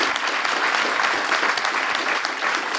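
Sustained applause from an audience at the close of a conference, a dense, even patter of many hands clapping at steady loudness for a few seconds, with no voices standing out.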